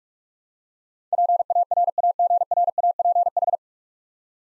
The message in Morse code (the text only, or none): PARAGRAPH